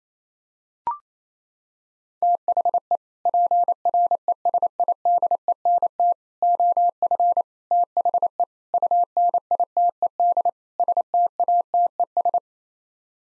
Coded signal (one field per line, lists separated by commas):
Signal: Morse code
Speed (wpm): 27 wpm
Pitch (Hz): 700 Hz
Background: none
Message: THE PRESIDENT OF THE UNITED STATES